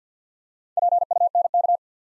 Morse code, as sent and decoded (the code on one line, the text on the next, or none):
.--. ..- -. -.-
PUNK